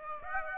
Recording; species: mosquito wingbeat signal from an infrared sensor; Aedes aegypti